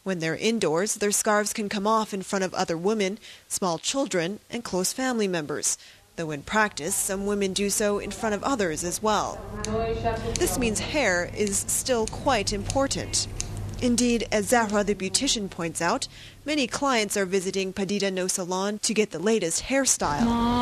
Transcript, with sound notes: When they’re indoors, their scarves can come off in front of other women, small children, and close family members, though in practice some women do so in front of others as well. This means hair is still quite important. [The sound of someone cutting hair.] Indeed, as Zahra the beautician points out, many clients are visiting Padideh No Salon to get the latest hair style.